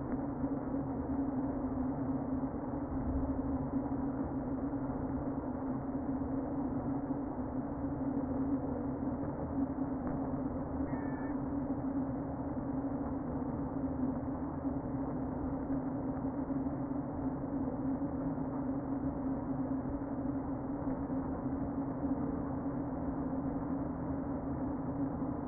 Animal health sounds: honeybee colony, microphone inside the hive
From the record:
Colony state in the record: queen present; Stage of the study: before two queens were removed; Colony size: about 60,000 bees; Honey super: yes

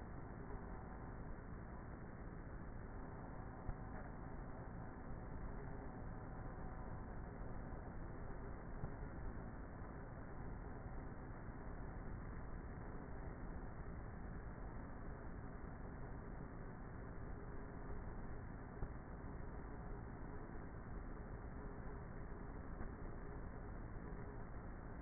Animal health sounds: honeybee colony, microphone inside the hive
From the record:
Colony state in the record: queenless with a low population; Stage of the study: before two queens were removed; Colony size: about 30,000 bees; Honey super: no

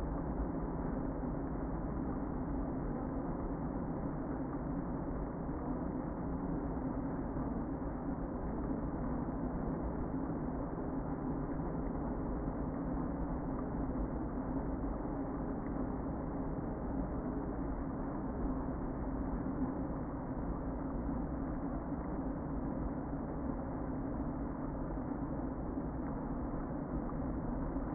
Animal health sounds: honeybee colony, microphone inside the hive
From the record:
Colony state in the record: queen present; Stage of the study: before two queens were removed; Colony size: about 60,000 bees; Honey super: yes

